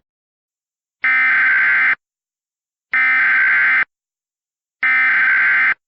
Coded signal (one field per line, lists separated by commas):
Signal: Emergency Alert System (SAME) tones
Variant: header bursts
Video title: *VALID TONES* Hurricane of Snow (EAS Scenario)